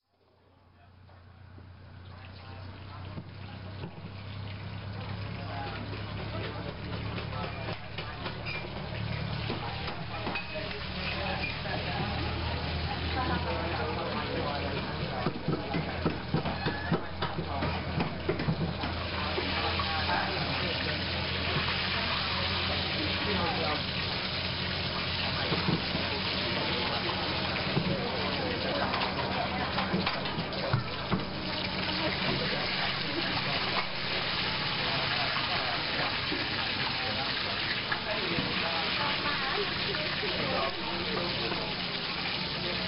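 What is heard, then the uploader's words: A restaurant in Cambodia in the morning, fading in over the first few seconds into a dense, steady bustle of overlapping voices. A low engine-like hum runs underneath, with passing traffic and what sounds like running water, and the whole scene has a slightly muffled, dull tone. Cambodia - restaurant morning sounds.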